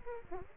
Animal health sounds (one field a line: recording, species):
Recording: mosquito wingbeat signal from an infrared sensor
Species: Aedes aegypti